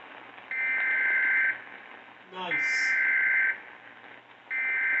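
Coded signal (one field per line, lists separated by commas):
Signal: Emergency Alert System (SAME) tones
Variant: header bursts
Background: speech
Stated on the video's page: Weather alerts.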